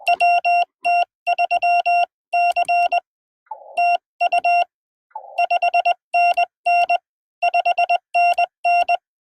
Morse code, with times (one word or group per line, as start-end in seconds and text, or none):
0.1-3.0 WT3C
3.8-4.6 TU
5.4-7.0 5NN
7.4-9.0 5NN